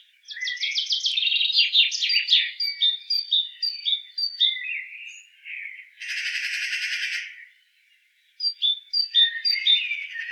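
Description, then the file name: Great tit calls: a dry buzzing rattle, then short high notes in twos, a loud harsh noise burst, and more sharp notes at the end. "Parus major"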